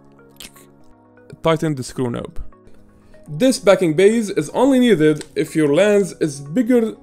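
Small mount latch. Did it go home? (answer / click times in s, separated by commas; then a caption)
yes / 0.4 s. A camera on its quick-release plate is pushed all the way back into the quick-release module of a Zhiyun Weebill Lab gimbal, and a sharp, short click at 0.4 s marks the plate seating home before the screw is tightened. Soft music plays underneath, and from about 1.5 s someone talks.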